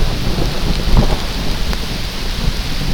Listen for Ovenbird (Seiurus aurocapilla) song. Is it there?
no